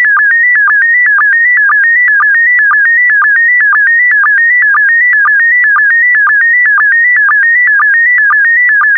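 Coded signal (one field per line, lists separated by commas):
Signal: SSTV (slow-scan television)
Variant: PD120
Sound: steady warbling tone stepping in pitch, with a short low blip about twice a second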